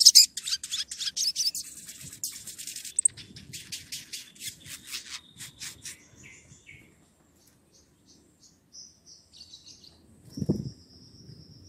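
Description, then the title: Oriental magpie-robin song, a fast run of varied chirps and trills giving way to clear, drawn-out whistled notes, with a low thump near the end. Lively, constantly singing bird whose song is played as a lure so that other magpie-robins answer. "Pancingan Suara Siulan Kacer Gacor Mantap Untuk Memancing Kacer Lain Agar Mau Nyaut Bunyi"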